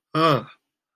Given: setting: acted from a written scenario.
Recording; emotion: vocal sound without words; embarrassment